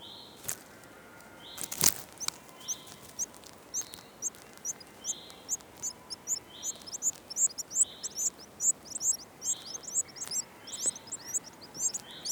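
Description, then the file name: Eurasian wren calls: high, sharp ticking notes repeated rapidly, over a recurring flat whistle-like tone. "Troglodytes troglodytes"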